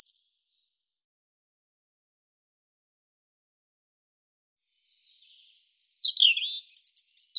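European robin song, a brief high note at the start, then after a pause a quick run of high, tinkling warbles.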